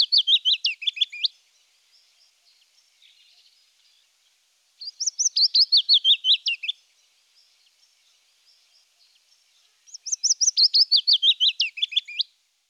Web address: IVN Zangvogels. Fitis